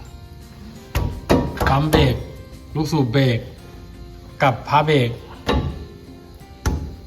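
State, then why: Seated. A front brake pad on a 2012 Isuzu D-Max is tapped down into the caliper bracket while someone talks over background music. Several knocks are heard, and the sharp knock at 6.7 s locks the pad into place, finishing the job.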